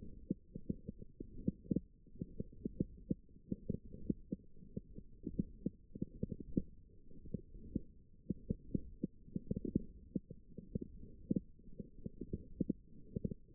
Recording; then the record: forearm muscle sounds (acoustic myography)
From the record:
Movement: forearm supination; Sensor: system 1, eight BSWA MPA416 microphones around the upper forearm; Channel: 4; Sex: female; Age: 21 years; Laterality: right